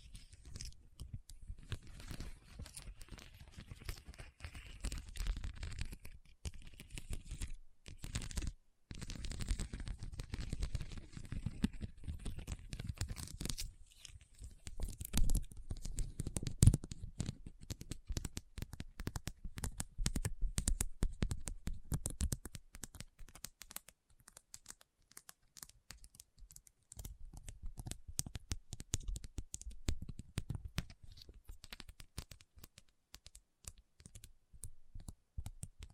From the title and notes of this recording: ASMR SENSATIONAL RHINESTONE Tapping & Scratching Sounds (No Talking).